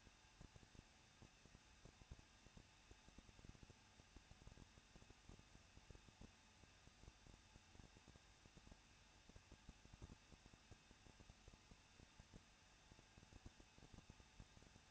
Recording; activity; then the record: daily activity, microphone in the room; no activity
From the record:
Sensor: 2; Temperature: 21.0 degrees Celsius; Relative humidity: 37.3%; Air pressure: 1006.2 hPa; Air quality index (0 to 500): 221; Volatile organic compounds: 24 ppm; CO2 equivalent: 2803 ppm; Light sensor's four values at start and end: 2/3/2/2 and 2/3/2/2